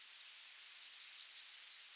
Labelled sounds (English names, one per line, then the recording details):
Yellowhammer song
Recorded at under 5 m from the bird
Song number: 026